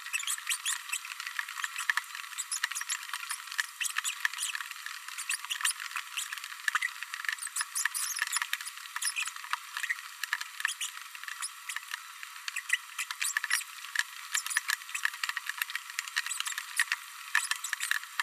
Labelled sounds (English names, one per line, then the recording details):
Green-rumped Parrotlet babbling
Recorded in a nest box in Venezuela
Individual 18B104A3